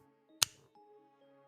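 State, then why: Seated. A folding knife is opened and its metal blade clicks into its lock with one sharp, loud click at 0.4 s, over background music. The blade is seated in the lock.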